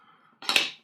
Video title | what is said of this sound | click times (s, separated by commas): Using the Olympus FL 600R | locks into place on the camera or on the accessory foot | 0.5 s, 0.6 s